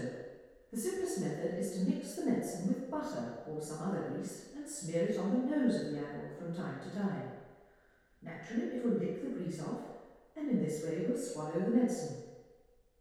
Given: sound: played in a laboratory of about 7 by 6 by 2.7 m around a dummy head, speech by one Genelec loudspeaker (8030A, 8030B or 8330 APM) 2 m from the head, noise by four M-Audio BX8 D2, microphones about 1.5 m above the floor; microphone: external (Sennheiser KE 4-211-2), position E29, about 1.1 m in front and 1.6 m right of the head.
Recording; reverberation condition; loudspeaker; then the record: female speech in English; high; 120 degrees to the right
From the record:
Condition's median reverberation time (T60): about 1300 ms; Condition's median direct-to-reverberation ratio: about -4.0 dB